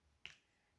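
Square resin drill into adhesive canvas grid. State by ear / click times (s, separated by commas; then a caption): seated / 0.2 s. A square resin diamond painting drill is placed with a wax stylus onto an adhesive canvas grid and clips into place. Against a quiet background, a single sharp, bright click at 0.3 s rings briefly and fades by about 0.4 s, confirming that the drill has seated.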